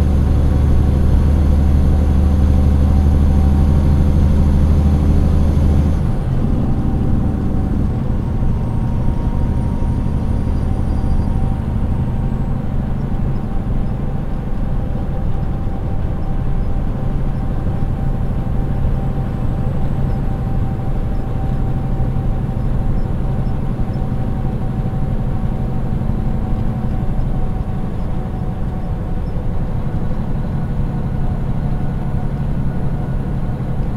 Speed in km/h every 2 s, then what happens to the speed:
94, 95, 97, 94, 94, 97, 98, 98, 98, 97, 96, 95, 94, 93, 92, 91, 91.
0-34 steady at about 95.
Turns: none.